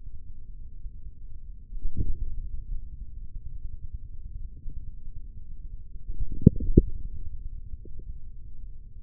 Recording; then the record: forearm muscle sounds (acoustic myography)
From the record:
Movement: forearm pronation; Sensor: system 3, bracelet of six PUI Audio POM-2738L microphones around the upper forearm, with dedicated amplification and filtering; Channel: 1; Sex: male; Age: 55 years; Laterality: right